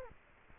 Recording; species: mosquito wingbeat signal from an infrared sensor; Culex quinquefasciatus